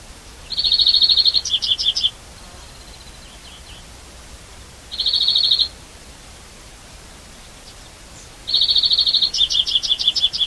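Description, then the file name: European greenfinch giving fast buzzy trills, most followed by brisk chirping note series, in three bouts over a faint hiss. "Chloris chloris"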